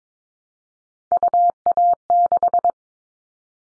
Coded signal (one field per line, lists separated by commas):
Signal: Morse code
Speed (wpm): 22 wpm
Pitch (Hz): 700 Hz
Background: none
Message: UA6